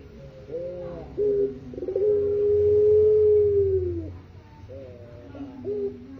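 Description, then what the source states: Barbary dove giving soft rolling coos that lead into one drawn-out, steady, low note lasting about two seconds, then further short coos, with a low hum underneath. Masteran, a training song for songbirds.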